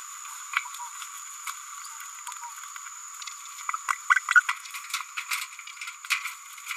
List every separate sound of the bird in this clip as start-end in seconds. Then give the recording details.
0.56-0.60, 1.47-1.51, 3.69-3.72, 4.09-4.15, 4.15-4.20, 4.30-4.34, 4.35-4.40, 4.48-4.53, 5.17-5.20. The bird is a male. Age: 28 days. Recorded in a nest box in Venezuela. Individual 17B102A4